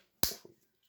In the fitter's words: So I'm just going to put that through and hear that click.